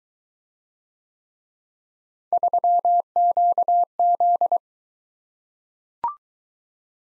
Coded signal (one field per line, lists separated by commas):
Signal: Morse code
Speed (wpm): 22 wpm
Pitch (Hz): 700 Hz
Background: none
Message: 3QZ